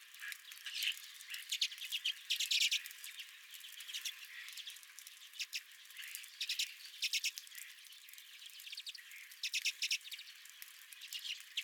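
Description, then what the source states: Redpoll flock chattering, dry rattling trills in scattered clumps, with thinner twittering notes between. Redpolls at the recordist's own feeder.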